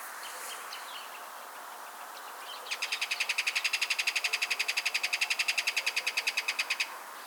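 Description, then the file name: Kingfisher rattle: a burst of rapid, regular ticking notes lasting about four seconds, starting after quiet background and stopping abruptly. "MARTIN PESCADOR"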